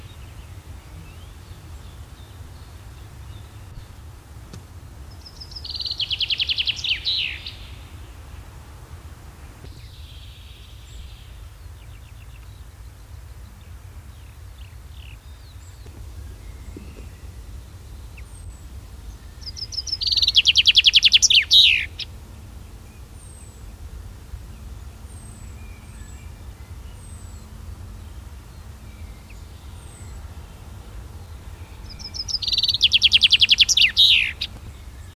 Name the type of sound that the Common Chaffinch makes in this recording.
song